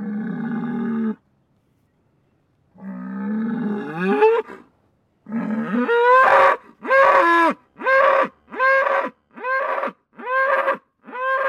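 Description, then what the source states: Bull moaning low, then a longer moo that rises in pitch, followed by a string of short, harsh, repeated bellows that come faster toward the end. Bull becoming angry.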